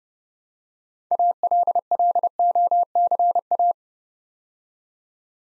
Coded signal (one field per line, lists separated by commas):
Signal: Morse code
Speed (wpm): 30 wpm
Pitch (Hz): 700 Hz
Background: none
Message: ALLOCA